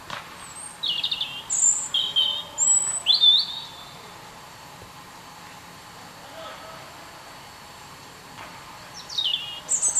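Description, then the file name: European robin song: separate thin, high whistled notes at shifting pitches for about three seconds, a quiet pause, then more high slurred whistles near the end. "Erithacus rubecula"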